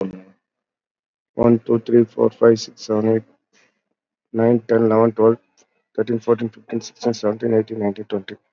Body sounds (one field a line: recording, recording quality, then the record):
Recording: counting at a normal pace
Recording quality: excellent, no background noise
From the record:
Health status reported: COVID-19 positive, mild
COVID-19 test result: positive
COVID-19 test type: RT-PCR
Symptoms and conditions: fatigue, muscle pain, diarrhoea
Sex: male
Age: 37 years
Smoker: no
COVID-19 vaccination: both doses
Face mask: worn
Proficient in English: yes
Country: India